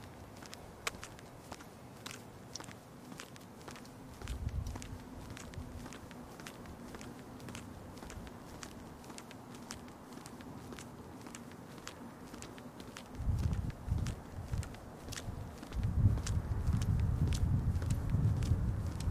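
On the way home, steady footsteps click along the whole time, with low rumbling swells near five seconds and again from thirteen seconds on.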